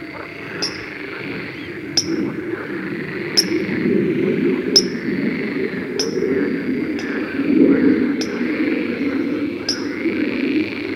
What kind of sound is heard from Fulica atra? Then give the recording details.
alarm call. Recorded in the wild. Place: Schönfeld, Brandenburg, DE. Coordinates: 53.396, 14.006. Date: 1993-05-17. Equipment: Nagra III BH, Sennheiser MD 21, parabola. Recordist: Schubert, Michael